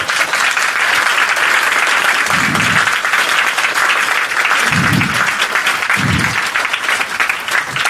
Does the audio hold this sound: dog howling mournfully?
no